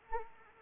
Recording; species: mosquito wingbeat signal from an infrared sensor; Anopheles arabiensis